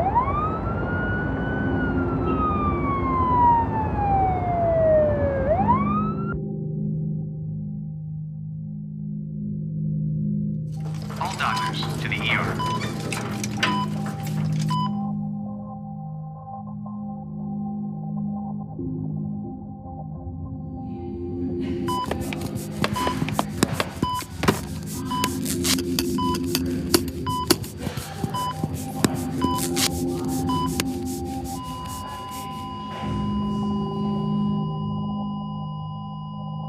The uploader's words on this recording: Sound Design – Wildfire. You're walking in the forest when suddenly...there's a wildfire.